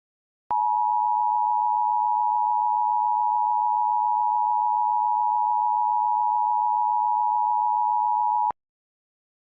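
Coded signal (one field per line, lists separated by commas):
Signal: Emergency Alert System (SAME) tones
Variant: 853 and 960 Hz attention tone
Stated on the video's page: Fictional alternate-history EAS scenario, not real alerts.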